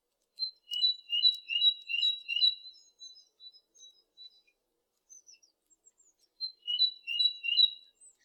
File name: Great Tit